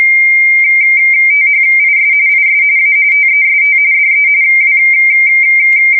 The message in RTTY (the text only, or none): THIS IS A TEST DE W